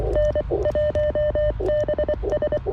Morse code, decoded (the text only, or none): N1BS